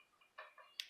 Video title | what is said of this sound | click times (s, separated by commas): N scale tips | push the other one down. You hear the click. | 0.8 s